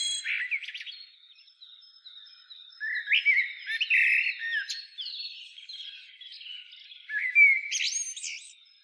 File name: Turdus merula